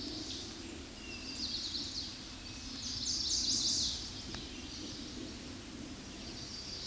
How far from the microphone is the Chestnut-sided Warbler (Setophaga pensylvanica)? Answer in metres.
about 25 m